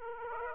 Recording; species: mosquito wingbeat signal from an infrared sensor; Aedes aegypti